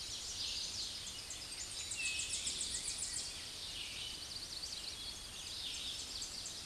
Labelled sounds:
Tennessee Warbler (Leiothlypis peregrina) song
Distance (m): 35 m
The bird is about 10 m above the microphone
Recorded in a Pennsylvania forest on 16 May 2024 at 07:08
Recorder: AudioMoth, point MSD-2417
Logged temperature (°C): 16.4 °C
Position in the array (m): 70 m, 62 m

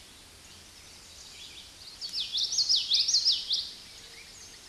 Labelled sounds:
Common Yellowthroat (Geothlypis trichas) song
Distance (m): 5 m
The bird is about level with the microphone
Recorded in a Pennsylvania forest on 16 May 2024 at 06:21
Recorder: AudioMoth, point MSD-2061
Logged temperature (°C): 16.1 °C
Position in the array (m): 231 m, 181 m

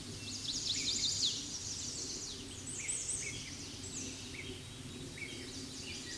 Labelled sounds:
American Redstart (Setophaga ruticilla) song
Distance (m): 30 m
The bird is about 10 m above the microphone
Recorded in a Pennsylvania forest on 16 May 2024 at 06:46
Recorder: AudioMoth, point MSD-0019
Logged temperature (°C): 16.7 °C
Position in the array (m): 48 m, 220 m

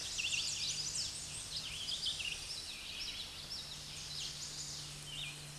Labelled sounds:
Common Yellowthroat (Geothlypis trichas) song
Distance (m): 50 m
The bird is about level with the microphone
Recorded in a Pennsylvania forest on 16 May 2024 at 07:55
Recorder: AudioMoth, point MSD-2478
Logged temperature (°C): 15.6 °C
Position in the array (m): 51 m, 141 m

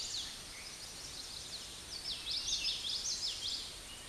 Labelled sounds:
Common Yellowthroat (Geothlypis trichas) song
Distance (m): 30 m
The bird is about 5 m above the microphone
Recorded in a Pennsylvania forest on 16 May 2024 at 08:30
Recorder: AudioMoth, point MSD-2453
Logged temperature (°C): 16.3 °C
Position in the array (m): 236 m, 177 m

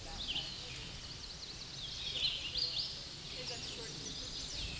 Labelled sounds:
Hooded Warbler (Setophaga citrina) song
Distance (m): 150 m
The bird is about 25 m above the microphone
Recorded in a Pennsylvania forest on 16 May 2024 at 09:50
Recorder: AudioMoth, point MSD-2155
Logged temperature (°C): 15.6 °C
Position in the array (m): -70 m, 186 m

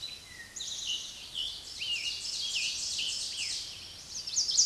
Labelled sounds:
Ovenbird (Seiurus aurocapilla) song
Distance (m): 25 m
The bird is about level with the microphone
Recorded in a Pennsylvania forest on 16 May 2024 at 06:31
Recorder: AudioMoth, point MSD-2166
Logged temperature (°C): 16.3 °C
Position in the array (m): 135 m, 5 m

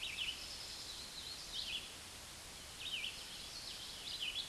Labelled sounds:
Red-eyed Vireo (Vireo olivaceus) song
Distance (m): 15 m
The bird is about 5 m above the microphone
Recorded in a Pennsylvania forest on 16 May 2024 at 06:15
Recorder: AudioMoth, point MSD-2201
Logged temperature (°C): 15.5 °C
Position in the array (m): 155 m, 65 m

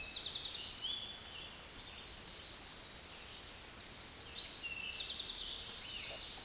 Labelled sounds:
Eastern Towhee (Pipilo erythrophthalmus) song
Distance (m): 40 m
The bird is about 5 m above the microphone
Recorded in a Pennsylvania forest on 16 May 2024 at 06:14
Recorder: AudioMoth, point MSD-0475
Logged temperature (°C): 12.3 °C
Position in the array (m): 109 m, 6 m

